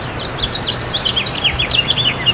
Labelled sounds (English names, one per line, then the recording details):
House Finch song
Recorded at Port Washington on Long Island, New York, on 22 May 2013
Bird A